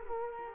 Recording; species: mosquito wingbeat signal from an infrared sensor; Culex quinquefasciatus